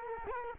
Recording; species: mosquito wingbeat signal from an infrared sensor; Culex quinquefasciatus